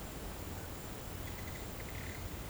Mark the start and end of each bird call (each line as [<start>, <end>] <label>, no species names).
[1.20, 2.20] bird call